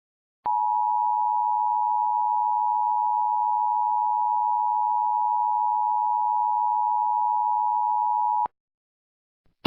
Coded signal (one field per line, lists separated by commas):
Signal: Emergency Alert System (SAME) tones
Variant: 853 and 960 Hz attention tone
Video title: EAS Scenario #2: Georgia Powerplant Emergency